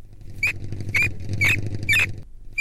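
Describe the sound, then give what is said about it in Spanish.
A hamster in its cage squeaks four times in short, high-pitched chirps spaced evenly about half a second apart, over a steady low pattering and rustling of scurrying feet. “El hámster.”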